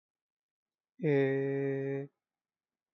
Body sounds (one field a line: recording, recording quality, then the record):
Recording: sustained vowel as in made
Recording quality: excellent, no background noise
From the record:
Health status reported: healthy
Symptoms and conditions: cough, asthma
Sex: male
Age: 44 years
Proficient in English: yes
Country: India